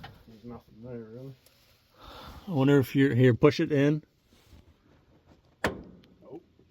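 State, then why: Not seated. Someone talks while a hydraulic hose coupler is pushed into a tractor's hydraulic remote outlet. A loud, sharp pop comes at about 5.6 s, but the coupler has not latched or clicked in, and it does not lock.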